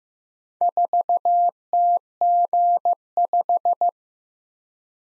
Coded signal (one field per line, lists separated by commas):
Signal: Morse code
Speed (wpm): 15 wpm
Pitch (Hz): 700 Hz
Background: none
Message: 4TG5